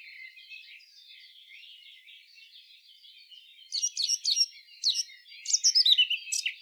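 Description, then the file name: Eurasian blackcap: soft background sound at first, then loud bursts of rapid, scratchy warbling notes in short clustered phrases during the second half. "Sylvia atricapilla"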